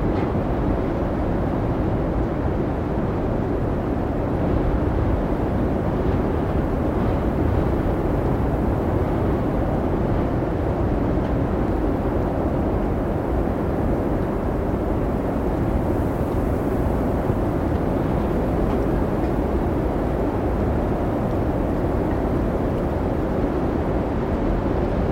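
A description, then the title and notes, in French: Howling wind from an Icelandic blizzard roars steadily for the whole recording, a dense, low rumble that never lets up. Gusts swell and ease without clear breaks, with a faint hiss of blowing snow riding over the deep buffeting. Ambiance de Tempête Hivernale. Enregistrement authentique pris au cœur d'un blizzard islandais. Capturé toute une nuit pendant l'immense tempête de neige Diddú à Reykjavík, faites l'expérience des sons réels et indomptés des vents hurlants et de la neige tourbillonnante.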